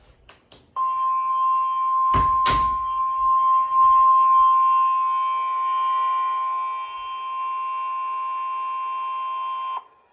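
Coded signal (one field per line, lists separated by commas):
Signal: Emergency Alert System (SAME) tones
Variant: 1050 Hz attention tone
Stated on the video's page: Severe thunderstorm watch and warnings from NWS Corpus Christi and Brownsville, aired on NOAA Weather Radio, FM and TV stations; one warning decoded as unrecognized message.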